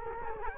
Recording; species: mosquito wingbeat signal from an infrared sensor; Culex quinquefasciatus